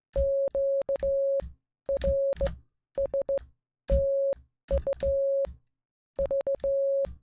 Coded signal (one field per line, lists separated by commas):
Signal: Morse code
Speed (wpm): 16 wpm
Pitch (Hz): 550 Hz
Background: music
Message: QRSTUV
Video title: Morse Code | Alphabet & Words Practice | Numbers 1-10